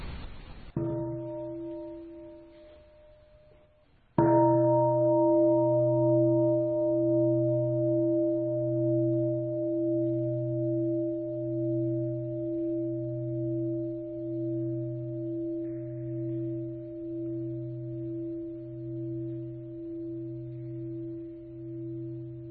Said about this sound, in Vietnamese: Và mở đầu đó là những tiếng chuông các vị nghe. Các vị thấy âm vang của tiếng chuông, nó là một cái loại âm thanh rất đặc biệt.